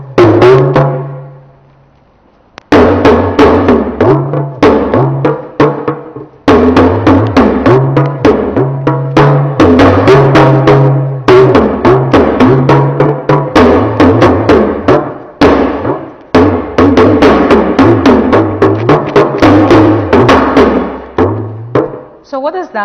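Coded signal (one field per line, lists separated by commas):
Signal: talking drum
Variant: Yoruba dundun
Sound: rapid talking drum strokes with low pitch glides rising and falling, speech-like phrasing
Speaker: I am just appreciating God that the way we want the thing to be, the way we expected it to be, exactly that is how the thing is.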